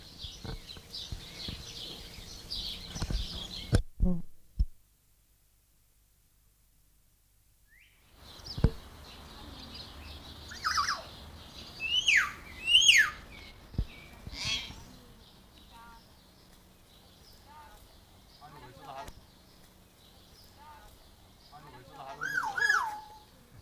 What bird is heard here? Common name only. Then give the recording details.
Grey-sided Laughingthrush. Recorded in captivity. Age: adult. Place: Zoo Halle, Sachsen-Anhalt, DE. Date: 2002-06-17 14:45. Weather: sunny, 27°C. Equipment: Nagra SN, Kopie Uher 4000 Report Monitor. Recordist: Tembrock, Günter